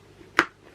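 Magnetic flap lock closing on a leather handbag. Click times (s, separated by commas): 0.4 s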